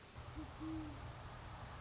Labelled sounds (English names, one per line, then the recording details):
Great Horned Owl
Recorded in Sonoma County, California